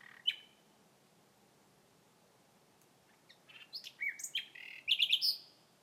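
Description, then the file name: Common nightingale singing: one sharp note, a long pause, then a varied burst of whistles and quick high trills near the end. "Nachtigall Gesang"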